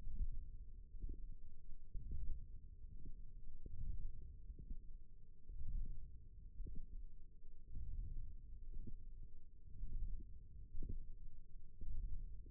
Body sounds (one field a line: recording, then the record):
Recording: forearm muscle sounds (acoustic myography)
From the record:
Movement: hook grip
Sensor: system 1, eight BSWA MPA416 microphones around the upper forearm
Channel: 2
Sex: female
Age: 21 years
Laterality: right